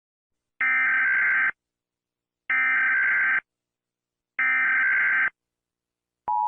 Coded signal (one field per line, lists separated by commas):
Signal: Emergency Alert System (SAME) tones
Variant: header bursts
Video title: Rating EAS Alarms